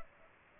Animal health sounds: mosquito wingbeat signal from an infrared sensor; Culex pipiens

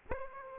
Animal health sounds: mosquito wingbeat signal from an infrared sensor; Aedes aegypti

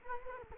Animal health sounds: mosquito wingbeat signal from an infrared sensor; Culex quinquefasciatus

